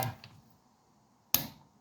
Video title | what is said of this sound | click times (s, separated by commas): grinding noise Nissan Juke 152 | click, tutork na yan. | 1.3 s